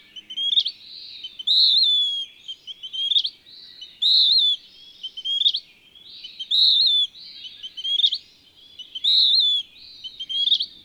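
Bird singing a regular alternation of high, sweet whistles and chattering phrases that end in a sharp upward note, the pair repeating about every two and a half seconds.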